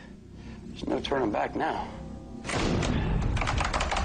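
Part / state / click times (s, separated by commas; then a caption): padlock shackle into lock body / not seated / none. A combination padlock's shackle is handled over the lock body to lock a door from the inside, with no known combination to reopen it. Someone talks over music, and several small knocks sound near the end. The shackle has not seated or clicked yet.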